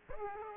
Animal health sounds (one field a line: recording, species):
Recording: mosquito wingbeat signal from an infrared sensor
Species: Aedes aegypti